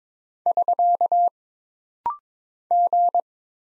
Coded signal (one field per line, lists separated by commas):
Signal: Morse code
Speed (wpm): 22 wpm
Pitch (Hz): 700 Hz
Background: none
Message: <SK> G